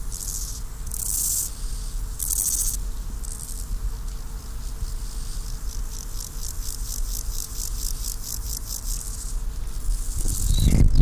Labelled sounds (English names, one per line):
Steppe Grasshopper